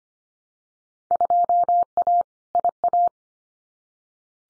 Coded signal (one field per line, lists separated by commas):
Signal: Morse code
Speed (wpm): 25 wpm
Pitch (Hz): 700 Hz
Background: none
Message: 2A IA